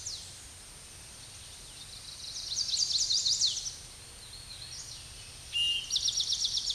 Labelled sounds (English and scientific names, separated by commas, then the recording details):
Chestnut-sided Warbler (Setophaga pensylvanica) song
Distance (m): 15 m
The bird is about 5 m above the microphone
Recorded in a Pennsylvania forest on 16 May 2024 at 07:42
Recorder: AudioMoth, point MSD-2494
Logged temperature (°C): 15.6 °C
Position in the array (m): 172 m, 177 m